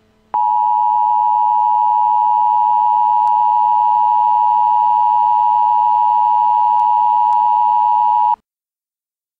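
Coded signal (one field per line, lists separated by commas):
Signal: Emergency Alert System (SAME) tones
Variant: 853 and 960 Hz attention tone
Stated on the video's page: Recreation of a shelter-in-place warning for a chemical release.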